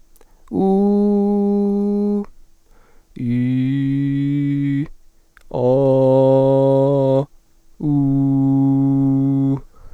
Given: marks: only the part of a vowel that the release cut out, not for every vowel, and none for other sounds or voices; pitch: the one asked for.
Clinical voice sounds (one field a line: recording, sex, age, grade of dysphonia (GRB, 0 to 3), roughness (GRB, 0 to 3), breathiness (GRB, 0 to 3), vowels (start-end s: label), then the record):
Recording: sustained vowels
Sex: male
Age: 20 to 29 years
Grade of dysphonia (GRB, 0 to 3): 1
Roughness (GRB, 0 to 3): 0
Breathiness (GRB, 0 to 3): 0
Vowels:
0.78-2.08 s: vowel /u/, high pitch
3.38-4.74 s: vowel /i/, low pitch
5.77-7.08 s: vowel /a/, low pitch
8.11-9.37 s: vowel /u/, low pitch
From the record:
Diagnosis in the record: healthy voice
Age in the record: 21 years